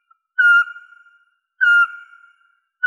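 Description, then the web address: Eurasian pygmy owl calls: clear, level whistled notes about a second apart, each with a sharp start and a fading tail, in an otherwise silent background. "Glaucidium passerinum"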